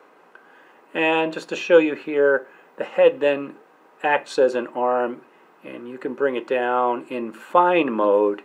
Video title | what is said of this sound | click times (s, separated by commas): vision cmm intro movie | sort of snaps into place and there's an index to ensure that it's in its correct orientation and just | 0.3 s